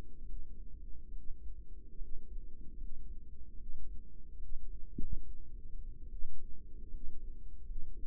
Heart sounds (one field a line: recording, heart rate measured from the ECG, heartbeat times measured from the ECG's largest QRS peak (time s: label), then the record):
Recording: heart sounds by microphone in the right ear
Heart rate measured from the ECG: 73 bpm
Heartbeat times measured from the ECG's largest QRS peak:
0.22 s: heartbeat
1.09 s: heartbeat
1.94 s: heartbeat
2.74 s: heartbeat
3.53 s: heartbeat
4.35 s: heartbeat
4.93 s: heartbeat
6.06 s: heartbeat
6.86 s: heartbeat
7.61 s: heartbeat
From the record:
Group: healthy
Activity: rest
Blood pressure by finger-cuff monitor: 141/87 mmHg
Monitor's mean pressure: 102 mmHg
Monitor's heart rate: 73 bpm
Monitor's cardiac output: 6.2 L/min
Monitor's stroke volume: 86 mL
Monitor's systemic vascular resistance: 1220 dyn s/cm5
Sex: female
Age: 22 years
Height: 171 cm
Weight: 65.6 kg